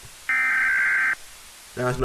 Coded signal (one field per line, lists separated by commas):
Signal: Emergency Alert System (SAME) tones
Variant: header bursts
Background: speech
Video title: Emergency Alert System Analog Horror Videos Are Weird